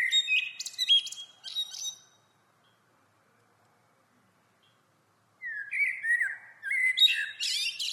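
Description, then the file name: Common blackbird song: a fluted, warbling phrase mixed with high squeaky twitters for two seconds, a pause of about three seconds, then another rich phrase begins. "Turdus merula"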